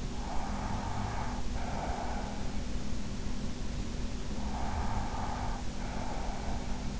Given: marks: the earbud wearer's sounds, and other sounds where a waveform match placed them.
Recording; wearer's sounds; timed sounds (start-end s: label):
sounds in sleep by an in-ear microphone; breath
0.15-2.55 s: breath
4.37-7.00 s: breath